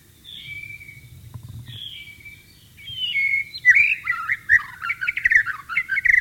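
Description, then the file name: White-rumped shama song, soft level whistles at first, then louder rapid warbling and chattering phrases building toward the end. Wild bird, in the wild. "suara burung murai batu di alam liar"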